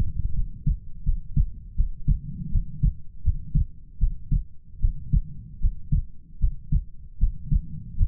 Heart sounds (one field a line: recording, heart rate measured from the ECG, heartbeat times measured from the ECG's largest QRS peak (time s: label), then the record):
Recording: heart sounds by stethoscope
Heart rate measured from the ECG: 79 bpm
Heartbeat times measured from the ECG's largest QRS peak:
0.33 s: heartbeat
1.03 s: heartbeat
1.75 s: heartbeat
2.50 s: heartbeat
3.22 s: heartbeat
3.98 s: heartbeat
4.79 s: heartbeat
5.59 s: heartbeat
6.39 s: heartbeat
7.18 s: heartbeat
7.96 s: heartbeat
From the record:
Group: healthy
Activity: rest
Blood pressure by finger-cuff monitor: 100/60 mmHg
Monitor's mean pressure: 74 mmHg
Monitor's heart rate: 79 bpm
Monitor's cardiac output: 7 L/min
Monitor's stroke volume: 88 mL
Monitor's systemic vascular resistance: 750 dyn s/cm5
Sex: female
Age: 19 years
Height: 163 cm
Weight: 48.9 kg